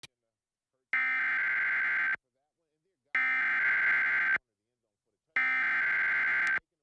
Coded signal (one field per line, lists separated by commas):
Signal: Emergency Alert System (SAME) tones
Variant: header bursts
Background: speech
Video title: Serve Thunderstorm Warning EAS on KBSI DT1 During NFL Football on December 28, 2025